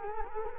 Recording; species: mosquito wingbeat signal from an infrared sensor; Culex quinquefasciatus